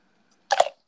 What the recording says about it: I got the hiccup. I got the hiccups in the middle. I can hear it. I can't hold it down.